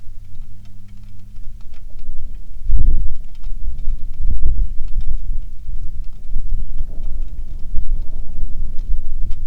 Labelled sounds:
bird
wind
rain
aircraft
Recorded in the Prudhoe Bay oil fields, Alaska, on 27 July 2019 at 18:28
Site 19

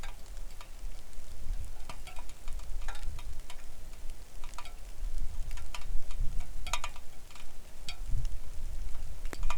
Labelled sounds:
songbird
wind
rain
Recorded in the Arctic National Wildlife Refuge, Alaska, on 3 August 2019 at 09:52
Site 41

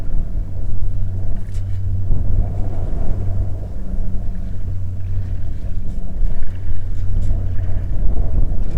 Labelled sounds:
water
aircraft
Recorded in the Prudhoe Bay oil fields, Alaska, on 16 August 2019 at 13:34
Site 21

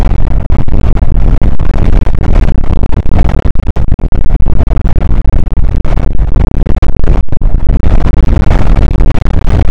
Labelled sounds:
wind
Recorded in the Prudhoe Bay oil fields, Alaska, on 8 May 2019 at 00:03
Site 24

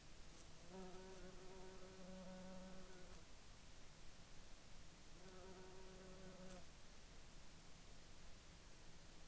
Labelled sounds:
insects
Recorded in Ivvavik National Park, Yukon, on 26 June 2019 at 00:35
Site SINP09

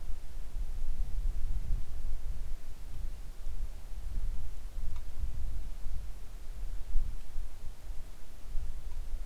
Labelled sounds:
wind
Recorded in the Arctic National Wildlife Refuge, Alaska, on 3 August 2019 at 10:35
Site 41

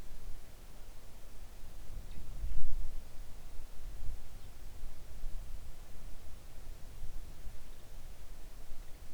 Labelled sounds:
songbird
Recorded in the Arctic National Wildlife Refuge, Alaska, on 3 August 2019 at 05:35
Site 41

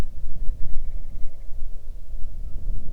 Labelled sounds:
grouse or ptarmigan
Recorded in the Arctic National Wildlife Refuge, Alaska, on 8 June 2019 at 00:03
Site 40

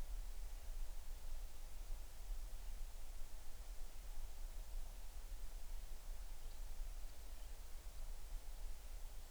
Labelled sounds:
near silence
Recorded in the Arctic National Wildlife Refuge, Alaska, on 20 July 2019 at 02:35
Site 38

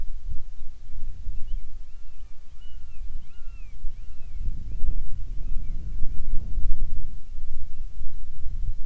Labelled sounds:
bird
wind
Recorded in the Arctic National Wildlife Refuge, Alaska, on 7 July 2019 at 18:44
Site 41

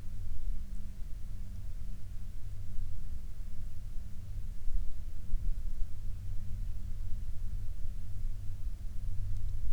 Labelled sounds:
bird
aircraft
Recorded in the Prudhoe Bay oil fields, Alaska, on 25 May 2019 at 14:03
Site 14

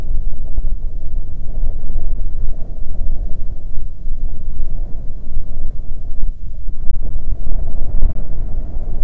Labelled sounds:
wind
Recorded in the Prudhoe Bay oil fields, Alaska, on 15 May 2019 at 00:30
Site 24

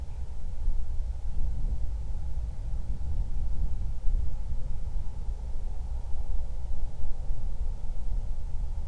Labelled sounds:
wind
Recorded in the Prudhoe Bay oil fields, Alaska, on 31 July 2019 at 08:11
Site 24

